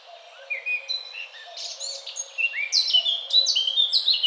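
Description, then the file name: Eurasian blackcap song: soft, scratchy warbling at first, then a louder run of clear fluty whistled phrases that grows richer toward the end. "Sylvia atricapilla"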